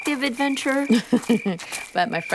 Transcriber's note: laughter